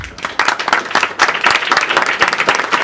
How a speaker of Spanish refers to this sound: Damas y caballeros, ahora me gustaría que mis amigos y yo me acompañen para darles un aplauso a todos ustedes por ser tan pacientes. Muchísimas gracias.